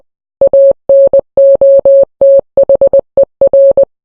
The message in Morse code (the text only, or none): ANOTHER